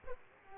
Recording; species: mosquito wingbeat signal from an infrared sensor; Aedes aegypti